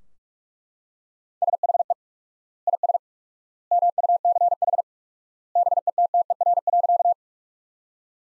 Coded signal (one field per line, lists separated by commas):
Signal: Morse code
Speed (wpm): 41 wpm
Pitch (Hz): 700 Hz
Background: none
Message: SHE IS MUCH BETTER.